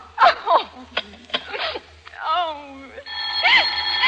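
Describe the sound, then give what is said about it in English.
A voice speaks in short bursts, then a telephone bell starts ringing with a steady, bright, high-pitched tone that carries on under the continuing speech. “Oh, what's the matter with this phone?”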